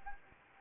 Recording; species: mosquito wingbeat signal from an infrared sensor; Anopheles gambiae